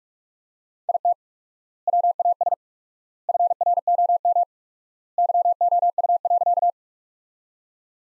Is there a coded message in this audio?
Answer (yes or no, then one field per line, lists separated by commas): yes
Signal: Morse code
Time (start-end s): 0.9-6.7 s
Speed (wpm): 46 wpm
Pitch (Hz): 700 Hz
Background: none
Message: IT WAS FROM YOU.